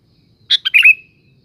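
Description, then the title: Sooty-headed bulbul song, a single brisk phrase: a clipped note, a quick second note, then a bubbly slurred whistle trailing off. "Kutilang"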